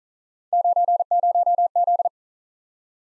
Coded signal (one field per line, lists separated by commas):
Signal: Morse code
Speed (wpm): 42 wpm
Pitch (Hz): 700 Hz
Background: none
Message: 90Z